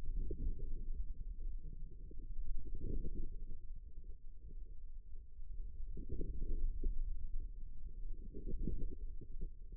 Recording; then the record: forearm muscle sounds (acoustic myography)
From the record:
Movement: ulnar deviation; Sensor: system 2, bracelet of six BSWA MPA416 microphones around the upper forearm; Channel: 4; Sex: female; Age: 25 years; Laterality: right